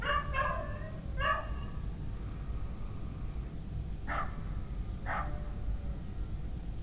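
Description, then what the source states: Dog barks, a cluster of three sharp barks at the start, then two isolated single barks a second apart near the end, with a low background hum. Dogs recorded at night in a village.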